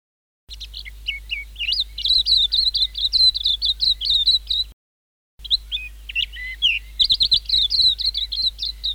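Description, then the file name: White-eye singing rapid, high-pitched twittering phrases of chirps and slurred notes, a burst of about four seconds, a short pause, then another similar burst. "suara kicauan burung kacamata perak. omkicau"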